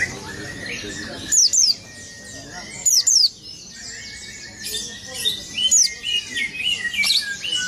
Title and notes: Burung Peci. pleci